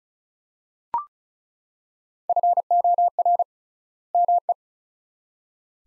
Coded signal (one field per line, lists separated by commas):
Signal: Morse code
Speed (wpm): 36 wpm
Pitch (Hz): 700 Hz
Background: none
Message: FOR ME